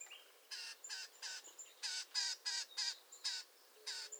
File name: Bell's Vireo - Vireo bellii